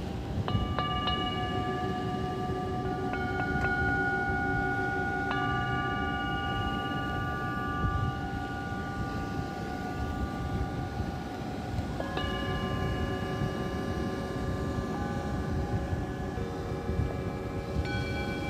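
Sound healing played live on a beach: long ringing tones, like struck bowls or chimes, begin near the start and sustain for several seconds, with fresh strikes around 5 and 12 seconds. Beneath them runs a steady, dense low rumble, like surf or wind.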